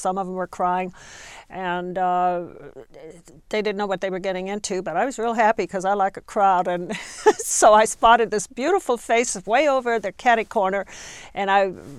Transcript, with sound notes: Some were crying and they didn't know what they were getting into, but I was real happy because I like a crowd (she laughs) so I spotted this beautiful face way over in the catty corner and I